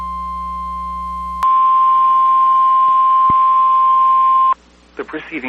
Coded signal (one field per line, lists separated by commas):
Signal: Emergency Alert System (SAME) tones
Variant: 1050 Hz attention tone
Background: speech